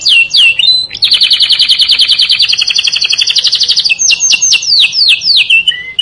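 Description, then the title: Canary song with a long, fast, buzzy rolling trill followed by a series of quick descending whistled notes ending in short chips. "Kenari"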